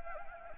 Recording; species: mosquito wingbeat signal from an infrared sensor; Anopheles gambiae